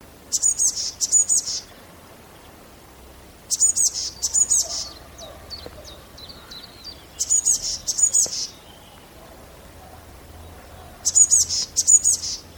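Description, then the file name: Eurasian blue tit, clusters of very high, thin chattering notes repeated about every three to four seconds, with a faint series of soft ticking notes between, over low background rumble. "Cyanistes caeruleus"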